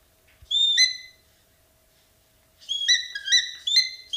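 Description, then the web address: Black-and-white hawk-eagle: one clear ringing whistle, about one and a half seconds of quiet, then a fast series of bright, slightly rising whistled notes. Calls; eastern lowlands of South America. "Natures Songs S America Eastern Lowlands Spizastur melanoleucus, calls"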